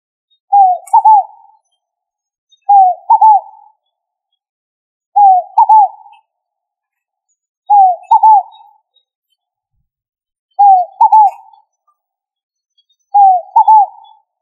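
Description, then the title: Pigeon cooing: six brief two-part coos, each a dipping note then a second wavering one, spaced roughly every two and a half seconds against near silence. "ColumbidaePomba"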